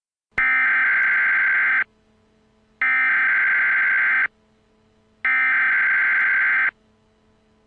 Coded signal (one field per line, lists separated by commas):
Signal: Emergency Alert System (SAME) tones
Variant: header bursts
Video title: eas scenario 2